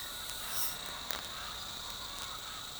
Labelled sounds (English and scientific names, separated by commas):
none